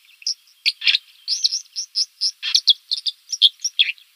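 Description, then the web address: White-throated dipper giving a rapid, scratchy warble of short buzzy notes and high chips, sounded at a brisk, steady rate. "Schulze Peter White-throated Dipper song"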